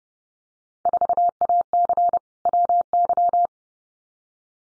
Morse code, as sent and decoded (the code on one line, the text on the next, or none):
....- .- -.-. / .-- -.--
4AC WY